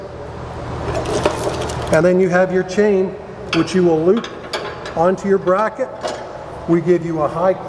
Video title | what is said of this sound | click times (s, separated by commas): LUXURY FIFTH WHEELS WITH BUNKS | it very simply locks into place | 1.3 s